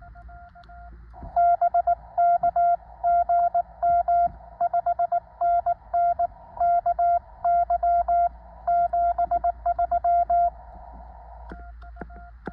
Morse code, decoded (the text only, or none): BK GM 5NN KY 73